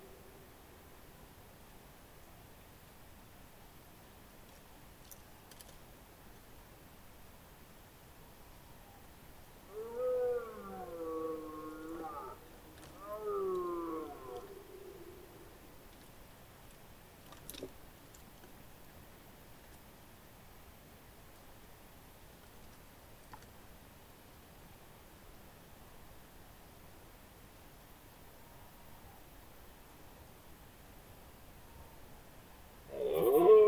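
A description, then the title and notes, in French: Two wavering, squealing calls from dormice at about ten and thirteen seconds, each lasting a couple of seconds. The rest is a quiet night hush with a few faint ticks, until a sudden loud rustle at the very end. Cette année me semble bien difficile dans le Haut-Diois. Voici donc enfin une petite ambiance en cette nuit du 26 septembre.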